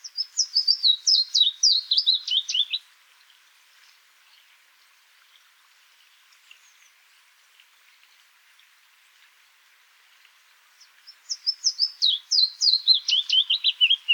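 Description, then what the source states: Willow warbler song: two descending phrases of sweet, slurred whistles, separated by about eight seconds of quiet. 2 August 2014, Oberammergau.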